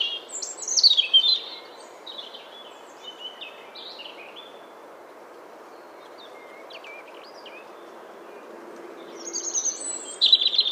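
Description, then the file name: European robin song, a short burst of high, sweet, varied warbling notes, then a long quieter stretch with only faint notes, then another high phrase near the end. "Erithacus rubecula"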